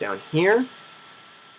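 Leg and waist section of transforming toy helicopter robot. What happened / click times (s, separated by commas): The plastic leg and waist section is being handled but has not snapped into place / none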